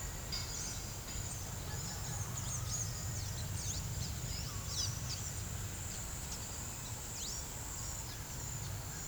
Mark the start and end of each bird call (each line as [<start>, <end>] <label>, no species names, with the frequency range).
[0.48, 5.46] bird call (2.7-9.6 kHz)
[7.08, 9.07] bird call (2.0-8.6 kHz)